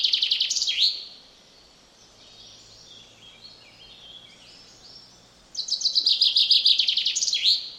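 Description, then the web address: Common chaffinch song: two bright, rattling trills that step downward and end in a quick flourish, one at the start and one near the end, with a quiet gap between. "Deverinetal 2025"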